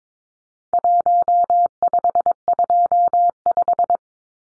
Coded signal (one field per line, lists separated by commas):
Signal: Morse code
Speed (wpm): 22 wpm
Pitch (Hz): 700 Hz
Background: none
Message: 1525